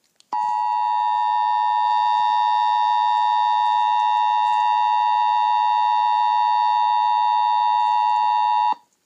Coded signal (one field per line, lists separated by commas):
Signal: Emergency Alert System (SAME) tones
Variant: 853 and 960 Hz attention tone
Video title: eas severe tstorm warning (This sucks stop watching)